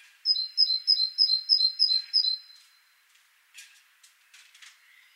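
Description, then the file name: Great tit song: a clear, high two-note phrase repeated seven times in quick rhythm, followed by a few soft, scratchy sounds. "Parus major"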